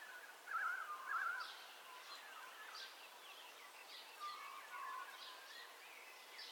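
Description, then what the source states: Birds calling: two short warbled phrases, then faint scattered chirps and whistles over a soft steady background hiss. Dawn ambience of bird calls, recorded in stereo.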